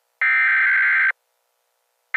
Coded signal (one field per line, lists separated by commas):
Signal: Emergency Alert System (SAME) tones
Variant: header bursts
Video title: A Few Old EAS Alerts From Summer That I Never Uploaded (EAS 29-31)